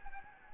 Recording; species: mosquito wingbeat signal from an infrared sensor; Anopheles gambiae